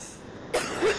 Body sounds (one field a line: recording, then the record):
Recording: coughing mixed with background sound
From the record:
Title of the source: 34 coughing up crap again